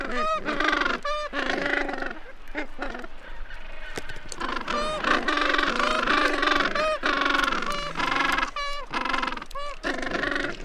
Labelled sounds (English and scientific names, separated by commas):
Gentoo Penguin (Pygoscelis papua) call